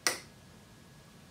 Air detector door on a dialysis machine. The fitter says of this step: our door we're going to hear it click